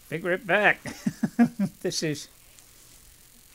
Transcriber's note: he laughs